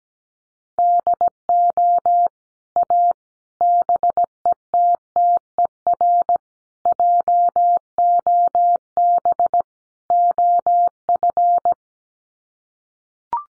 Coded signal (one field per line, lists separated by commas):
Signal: Morse code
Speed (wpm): 17 wpm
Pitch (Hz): 700 Hz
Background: none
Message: DO A BETTER JOB OF